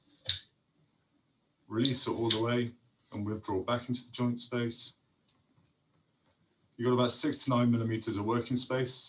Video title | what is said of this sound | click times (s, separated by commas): British Indian Orthopaedic Society (Bios) Webinar: Which Meniscal Repair Device I Use And Why? | it really is as simple as a squeeze until you get an audible click | 0.3 s